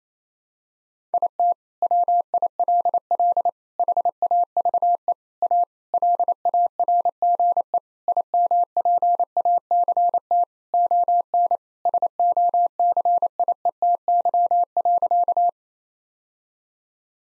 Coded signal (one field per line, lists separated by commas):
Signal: Morse code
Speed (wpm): 28 wpm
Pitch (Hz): 700 Hz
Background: none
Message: IT WILL HAVE A LARGE IMPACT ON SOCIETY.